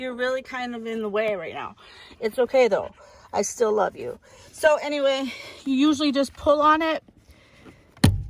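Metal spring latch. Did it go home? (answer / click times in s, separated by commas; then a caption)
released / 8.0 s. Someone talks, then pulls the interior hood release handle of a car, and the hood latch releases with a sharp pop at 8.0 s, meaning the hood has opened.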